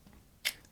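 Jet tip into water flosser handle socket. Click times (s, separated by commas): 0.5 s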